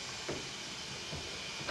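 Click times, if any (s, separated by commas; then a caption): none. A metal fork cap is held against spring pressure on a Honda GL1500 motorcycle fork tube during a progressive fork spring replacement, while it is lined up on the first thread. Over a steady hiss, faint soft scrapes and taps come at about 0.3, 1.1 and 1.7 seconds. Nothing has seated or clicked yet.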